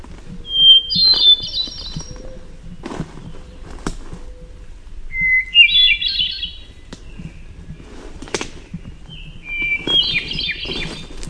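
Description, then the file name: Hermit thrush song with three fluty phrases a few seconds apart, each a sustained whistle then a shimmering cascade, with sharp clicks in between. "HETH song"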